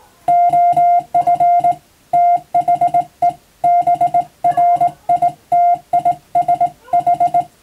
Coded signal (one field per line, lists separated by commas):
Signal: Morse code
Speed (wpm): 20 wpm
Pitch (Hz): 700 Hz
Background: music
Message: OF THE BRITISH